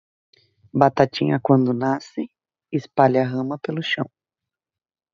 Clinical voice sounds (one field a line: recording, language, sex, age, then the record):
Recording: short text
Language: Brazilian Portuguese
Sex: female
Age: 30 to 39 years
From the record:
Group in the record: control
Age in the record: 30 years